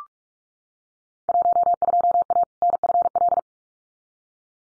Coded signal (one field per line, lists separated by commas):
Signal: Morse code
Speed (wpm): 46 wpm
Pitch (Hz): 700 Hz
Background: none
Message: 12A NFL